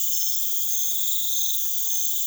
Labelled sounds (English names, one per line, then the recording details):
none
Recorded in pastures near Puerto Asís, Putumayo, Colombia, on 4 March 2025 at 02:00
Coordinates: 0.487, -76.322
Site G077